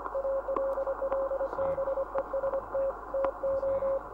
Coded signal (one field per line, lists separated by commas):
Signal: Morse code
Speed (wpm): 25 wpm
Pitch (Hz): 540 Hz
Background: radio noise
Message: ALL BEST TO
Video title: QRT 500 - The Close Down of 500 kHz in the United Kingdom -